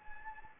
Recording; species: mosquito wingbeat signal from an infrared sensor; Anopheles gambiae